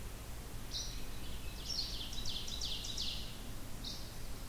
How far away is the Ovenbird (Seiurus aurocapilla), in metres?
about 80 m